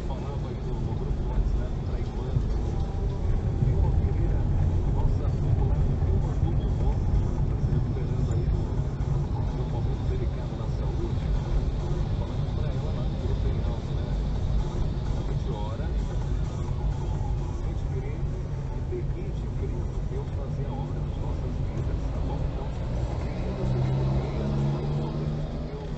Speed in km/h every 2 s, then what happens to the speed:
26, 29, 32, 34, 29, 29, 27, 24, 20, 20, 16, 7, 5.
0-6 speeds up to 34. 6-22 slows to 7.